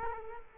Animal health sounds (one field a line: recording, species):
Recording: mosquito wingbeat signal from an infrared sensor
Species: Culex quinquefasciatus